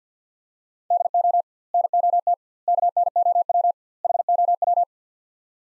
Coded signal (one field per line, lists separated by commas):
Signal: Morse code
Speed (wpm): 50 wpm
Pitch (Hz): 700 Hz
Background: none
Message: DO NOT KNOW HOW